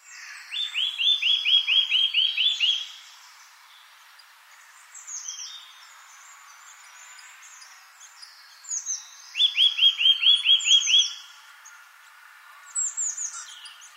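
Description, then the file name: Eurasian nuthatch giving fast runs of about ten clear, slurred whistles, one near the start and another later, with thin high chirps in between. "Sitta europaea"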